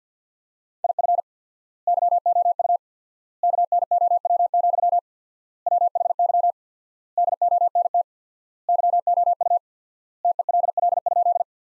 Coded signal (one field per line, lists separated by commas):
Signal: Morse code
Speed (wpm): 50 wpm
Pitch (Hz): 700 Hz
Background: none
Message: IF YOU KNOW, WHY DONT YOU TELL?